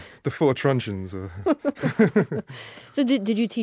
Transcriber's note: soundbite of laughter